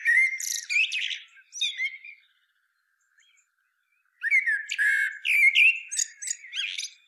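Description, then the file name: Common blackbird singing a warbled phrase with shrill squeaks, falling silent for about two seconds, then a lively phrase of whistles and chirps. "Turdus merula"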